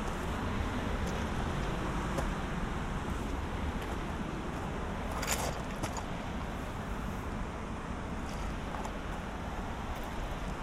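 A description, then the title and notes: A walk on a beach near Vik, Iceland, carried by a dense, steady roar of wind and surf that never lets up, heaviest in the low end. Faint crisp ticks surface now and then, with a brighter burst just past the midpoint. A walk on a beach in southern Iceland near Vik. Walk on beach near Vik, Iceland.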